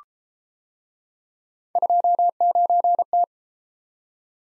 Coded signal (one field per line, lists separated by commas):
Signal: Morse code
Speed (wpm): 31 wpm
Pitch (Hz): 700 Hz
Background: none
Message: 29T